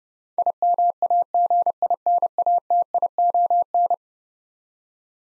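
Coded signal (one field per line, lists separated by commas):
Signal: Morse code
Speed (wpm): 32 wpm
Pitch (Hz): 700 Hz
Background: none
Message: IMAGINATION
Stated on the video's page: Eleven-letter words sent at 30 wpm for head-copy practice, each word sent twice.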